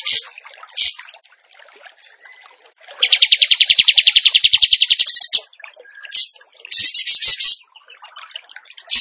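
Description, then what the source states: Bird giving short high chatters, then a rattling trill of quick repeated notes, followed by more chattering bursts. Masteran (training recording) in the tembakan gacor song style.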